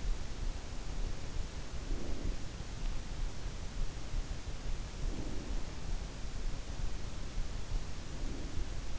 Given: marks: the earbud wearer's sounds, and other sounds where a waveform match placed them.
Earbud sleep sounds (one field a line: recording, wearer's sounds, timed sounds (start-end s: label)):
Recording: sounds in sleep by an in-ear microphone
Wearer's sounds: breath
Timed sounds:
1.64-2.73 s: breath
4.98-6.07 s: breath
7.82-8.99 s: breath